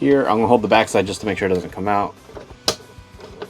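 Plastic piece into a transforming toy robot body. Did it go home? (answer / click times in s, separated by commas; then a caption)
yes / 2.7 s. Someone talks while sliding a plastic piece into a transforming toy robot body, a Megazord figure, holding the back so the piece does not come out. A sharp click is heard at 2.7 seconds, and the piece is seated in place.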